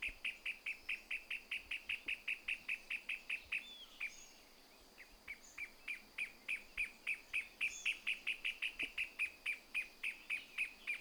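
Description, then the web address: Pale-legged hornero song: rapid sharp repeated notes that break off briefly, then resume and carry on, with a few faint higher notes mixed in. "Pale legged hornero. صدای-پرنده-هورنرو-پاروشن"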